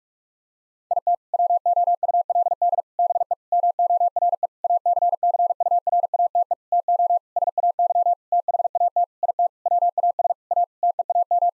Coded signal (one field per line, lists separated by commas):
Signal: Morse code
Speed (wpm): 46 wpm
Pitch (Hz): 700 Hz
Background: none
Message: IT WOULD BE MORE ACCURATE TO SAY THAT IT WAS A TEAM